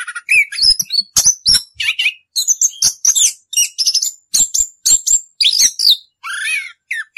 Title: Anis Kembang 9. suara anis kembang ngerol